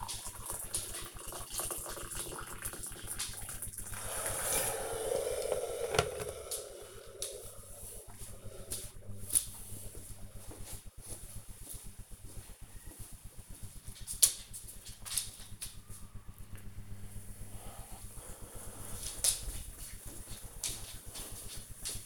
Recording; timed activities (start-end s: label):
household activities, microphone on the right wrist
0.00-6.20 s: making tea